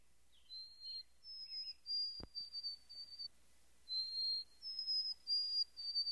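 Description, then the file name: White-throated sparrow song: clear pure whistles, a lower opening note then higher held notes in a steady series, heard twice, with a single sharp click. "White-Throated Sparrow Monty Brigham"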